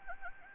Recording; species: mosquito wingbeat signal from an infrared sensor; Anopheles gambiae